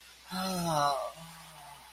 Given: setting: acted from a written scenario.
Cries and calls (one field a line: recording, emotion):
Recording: vocal sound without words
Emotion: ecstasy